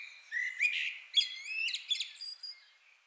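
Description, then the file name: Common blackbird song phrase: a low fluted note, then several rich warbled slurs with brief high squeaky accents, softening toward the close. "Turdus merula"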